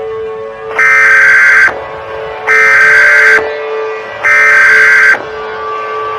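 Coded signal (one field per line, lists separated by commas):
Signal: Emergency Alert System (SAME) tones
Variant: header bursts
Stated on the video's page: Fictional EAS scenario.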